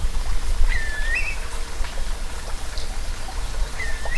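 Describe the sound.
Curlew calls: two whistled, upward-curling notes a few seconds apart over heavy low rumbling noise like wind or water.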